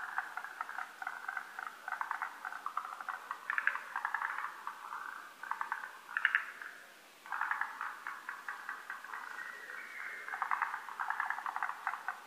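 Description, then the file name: Lesser cuckoo song: dense, nearly continuous whistled phrases with a few short, sharp higher notes. Recorded on 12 June 2010. "hototogisu-20100612"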